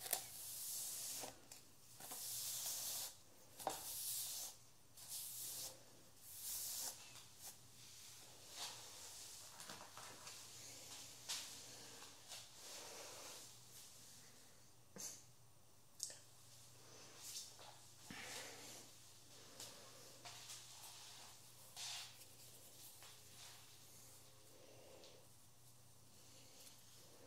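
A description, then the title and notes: A haircut with no talking: quick bursts of hissing, like spray or brushing, cluster in the first seven seconds, then come more sparsely, with sharp snips and clicks scattered throughout. A steady low hum runs underneath the whole time. Haircut Real Hair and No Talking.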